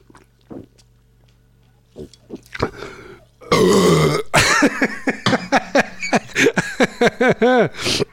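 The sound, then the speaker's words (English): Quiet gulping and swallowing sounds, as half a can of drink is downed, lead into a long, loud, rumbling burp with a croaky, gravelly texture, followed by a string of shorter, choppy belches and gasps. “He says, go on, give us a mega burp.”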